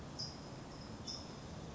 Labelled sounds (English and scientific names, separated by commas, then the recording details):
California Towhee (Melozone crissalis)
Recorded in Sonoma County, California